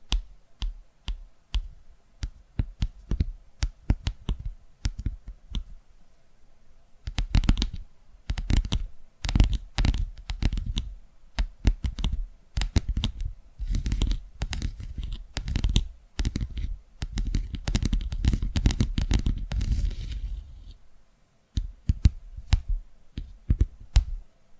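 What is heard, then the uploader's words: Invisible tapping triggers made of quick, sharp taps and light scratching. The first few seconds are sparse, then from about 7 seconds the taps come in dense, irregular bursts with soft rustling under them. They thin out again after 21 seconds, with a brief pause. ASMR Tapping Through Your Brain Invisible + 3D Triggers (No Talking).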